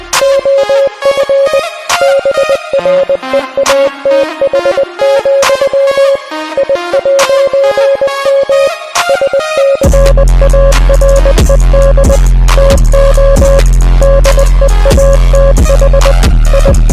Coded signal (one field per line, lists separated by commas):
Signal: Morse code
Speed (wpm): 20 wpm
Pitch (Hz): 550 Hz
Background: music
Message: OF BREATH, I'M SCARED TO DEATH I